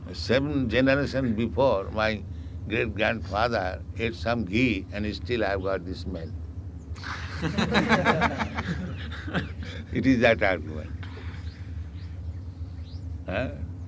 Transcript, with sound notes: Seven generation before, my great-grandfather ate some ghee, and still I have got the smell. [laughter] It is that argument. Huh?